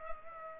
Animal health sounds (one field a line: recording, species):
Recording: mosquito wingbeat signal from an infrared sensor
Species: Culex pipiens